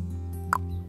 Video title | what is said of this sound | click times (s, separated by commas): Vaccinating Homing Pigeons - PMV and Paratyphoid | and you just push that straight down until it snaps into place | 0.5 s